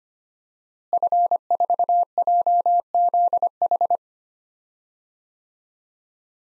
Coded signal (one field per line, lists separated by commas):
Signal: Morse code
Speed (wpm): 25 wpm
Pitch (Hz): 700 Hz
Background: none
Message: F4JZH